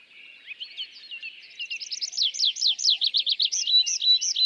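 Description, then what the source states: Tree pipit song starting softly and accelerating into a loud run of quick descending notes, then broken into slower sweet upslurred phrases. Song from an isolated tree at a meadow's foot, La Sarcena, Val Drôme, France, 27 April 2020, Nagra Seven/MKH40; arrived from migration days earlier; sings perched, sometimes in parachute-like display flight.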